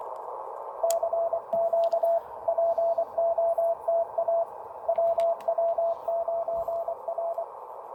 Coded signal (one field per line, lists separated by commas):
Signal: Morse code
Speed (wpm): 23 wpm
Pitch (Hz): 660 Hz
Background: radio noise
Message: CQ POTA WW9R